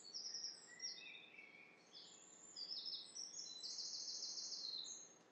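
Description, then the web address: Bird calls: a mix of high, thin whistles and brief buzzy trills, ending in a longer buzzy phrase, over steady background noise. "cianscape birddata Deverinetal 2025"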